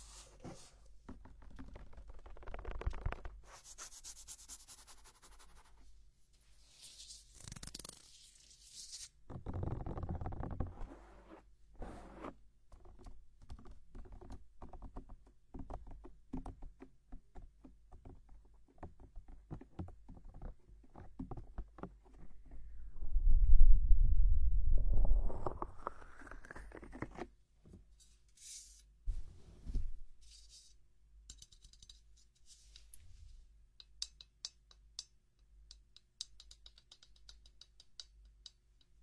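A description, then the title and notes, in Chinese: A head massage during hair washing, with soft rubbing and scratching at the scalp coming in short bursts and patters. Brighter scrubbing sounds rise around 3–8 seconds, and a louder, deeper rumbling swell builds near 23–26 seconds before it quiets again. 头部按摩 洗头(无人声)。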